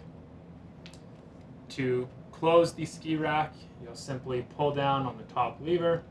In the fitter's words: you slide the bass back in just make sure you do so until you hear a click